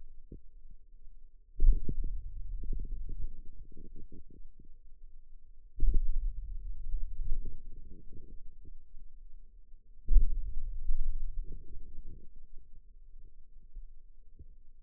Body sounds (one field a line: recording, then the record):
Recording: forearm muscle sounds (acoustic myography)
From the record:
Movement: hand opening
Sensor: system 2, bracelet of six BSWA MPA416 microphones around the upper forearm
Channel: 2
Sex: male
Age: 22 years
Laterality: right